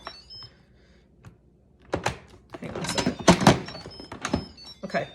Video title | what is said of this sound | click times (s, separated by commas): Instant Pot Spaghetti made with the Pampered Chef Quick Cooker | so there it's locked into place um you want to make sure that this is flush with the top | 3.3 s, 3.5 s